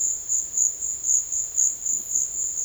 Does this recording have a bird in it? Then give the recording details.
no. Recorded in secondary vegetation near Puerto Asís, Putumayo, Colombia, on 12 March 2025 at 15:30. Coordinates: 0.488, -76.319. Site G095